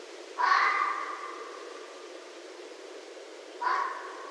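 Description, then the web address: Red fox screams: two harsh, hoarse drawn-out calls about three seconds apart, each starting abruptly and trailing off, over a steady low hiss. Recorded 7 December 2011. "Red Fox 2011 12 07"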